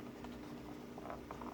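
A battery pack is fitted onto a BaoFeng UV-5R handheld radio body, with the pack's bottom feet being lined up with the slots at the bottom of the radio before the back is pushed down. Only light tapping and handling noises are heard, with a few soft taps between about 1.1 and 1.6 seconds. Nothing has seated or clicked yet.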